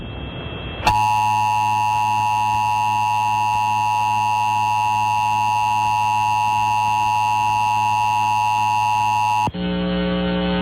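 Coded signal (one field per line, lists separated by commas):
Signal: Emergency Alert System (SAME) tones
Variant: 853 and 960 Hz attention tone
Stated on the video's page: Required Monthly Test EAS alert for the City of Buffalo, NY, received off a local FM broadcast station.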